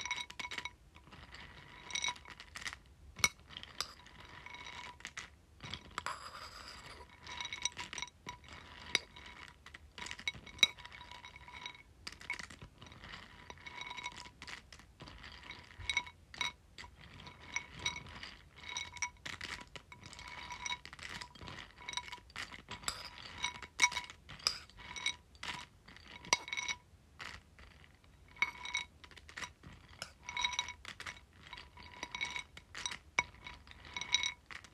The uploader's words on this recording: ASMR Dropping Pumpkin Seeds into Bowl.